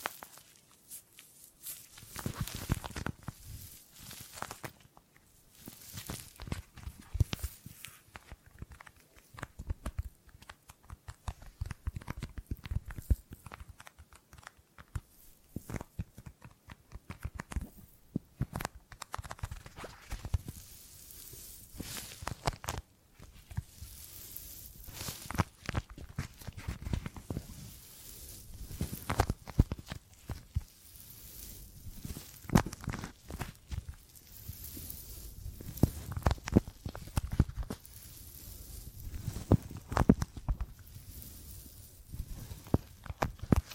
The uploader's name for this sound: Gripping and Grabbing Sounds